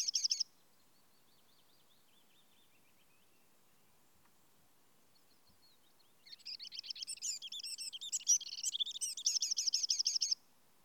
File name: Troglodytes troglodytes